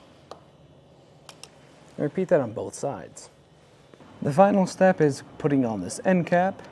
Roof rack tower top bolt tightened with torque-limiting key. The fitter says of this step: until that starts to click in place too.